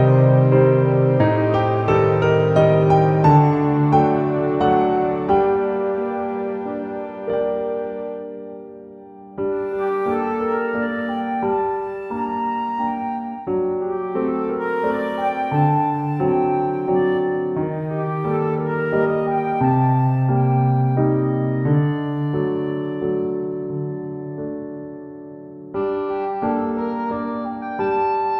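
Calm piano music with slow, sustained chords and a soft melody ringing above them. Phrases swell and fade, restarting with fresh chords around 10, 15 and 26 seconds, while low bass notes hold steady beneath the gentle, unhurried playing.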